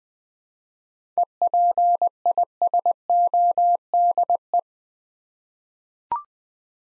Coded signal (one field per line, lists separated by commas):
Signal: Morse code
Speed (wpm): 20 wpm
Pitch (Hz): 700 Hz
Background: none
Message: EPISODE